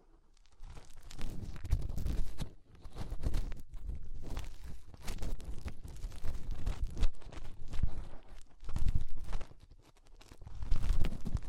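Fingers rub and scrape inside the ear in a dense, continuous run of low muffled rustling and thumps, with brief pauses near 2.5 and 10 seconds.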